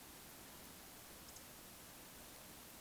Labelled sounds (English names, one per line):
Eurasian Woodcock whistle